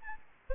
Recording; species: mosquito wingbeat signal from an infrared sensor; Aedes albopictus